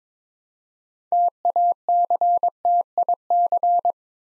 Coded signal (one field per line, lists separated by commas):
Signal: Morse code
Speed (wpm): 22 wpm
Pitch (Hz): 700 Hz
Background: none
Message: TACTIC